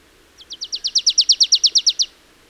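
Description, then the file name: Marsh tit giving a fast rattling string of about fifteen high, downward-sweeping notes that swell in loudness then stop abruptly. "Poecile palustris"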